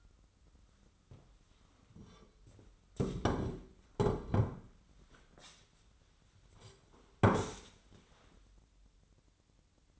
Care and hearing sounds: daily activity, microphone in the room; sit down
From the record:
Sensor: 3

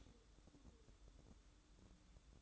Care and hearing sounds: daily activity, microphone in the room; stop toaster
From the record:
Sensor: 3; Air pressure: 1007.2 hPa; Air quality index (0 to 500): 55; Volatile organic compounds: 1 ppm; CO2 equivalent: 595 ppm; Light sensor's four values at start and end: 7/17/7/7 and 7/17/7/7

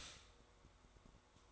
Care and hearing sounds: daily activity, microphone in the room; stop toaster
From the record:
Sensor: 3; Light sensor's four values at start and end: 4/11/4/4 and 4/11/4/4

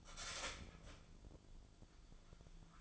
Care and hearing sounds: daily activity, microphone in the room; start toaster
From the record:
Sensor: 5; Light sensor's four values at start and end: 88/234/95/100 and 88/234/95/100

